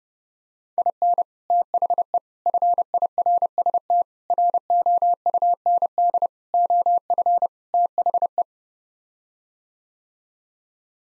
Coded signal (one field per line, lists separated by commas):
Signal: Morse code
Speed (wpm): 32 wpm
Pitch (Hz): 700 Hz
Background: none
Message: IN THE FIRST ROUND OF THE